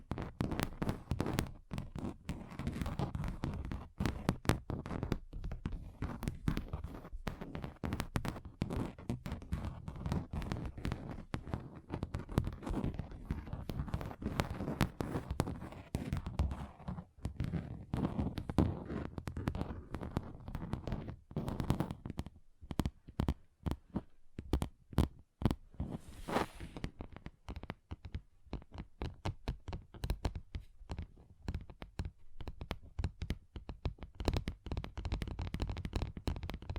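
Fingers tap rapidly on a table, a dense, irregular patter of short knocks with a dull, low body. The first twenty seconds are busier and fuller; after that the taps thin into sharper, more separated clicks, with one brighter hiss near twenty-six seconds.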